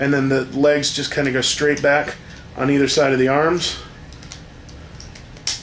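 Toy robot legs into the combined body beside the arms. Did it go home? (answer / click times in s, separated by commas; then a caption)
yes / 5.5 s. The plastic legs of a Transformers Power Core Combiners Skyburst combiner robot are folded straight back on either side of the arms and pressed into position on the combined body. Someone talks first, then a few faint handling ticks are heard before a sharp click at 5.5 s. The legs snap a little into place, even though there is no actual tab holding them.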